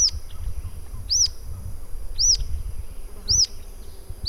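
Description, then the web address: Rough-legged tyrannulet calls: high, thin arched whistled notes, four given about once a second over low background rumble. "sound Rough-legged-tyrannulet. صدای-پرنده-ژیانمرغک-پازبر"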